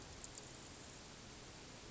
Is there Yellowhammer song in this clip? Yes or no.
no